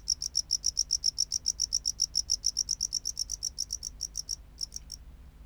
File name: Bio Acoustica. Gryllodes sigillatus